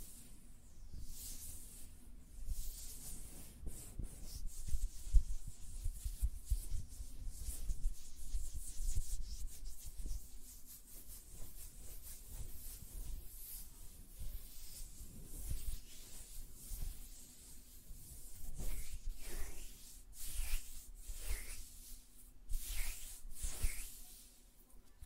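Hand sounds: soft fingertip rubbing and fluttering with scattered light taps, coming in uneven bursts that swell and fade every few seconds. Bright hissy brushing stands out most near the end, over a faint steady low hum.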